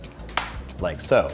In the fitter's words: next step is to push the dial back in until it makes that click again like